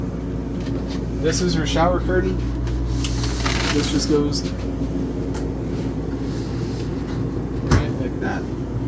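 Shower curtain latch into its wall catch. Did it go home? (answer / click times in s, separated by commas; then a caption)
yes / 7.7 s. Someone talks while an RV shower curtain is pulled across with a sliding rustle, and its end engages the latch in its wall catch. A sharp click at 7.7 s is heard as the shower curtain latch locks into place.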